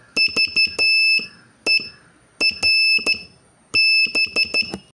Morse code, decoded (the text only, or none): VERB